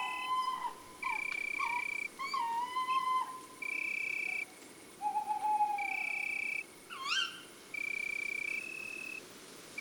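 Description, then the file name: Tawny owl calls: several short, harsh notes scattered through, one sweeping sharply upward, over repeated steady high tones. Female. "Chouette hulotte femelle Chants doiseaux des bois et des forets"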